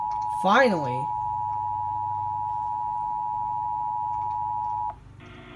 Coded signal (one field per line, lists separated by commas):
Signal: Emergency Alert System (SAME) tones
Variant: 853 and 960 Hz attention tone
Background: speech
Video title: NOAA Radio (EAS# 224-225) 2 CAE's